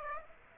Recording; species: mosquito wingbeat signal from an infrared sensor; Aedes aegypti